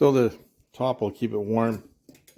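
Someone talks while handling the whistle cap of a Medelco whistling glass stovetop kettle, bringing it back toward the kettle's spout. Two faint, brief sounds come near the end, around 2.1 and 2.3 seconds. The cap has not yet snapped on: nothing has seated or clicked yet.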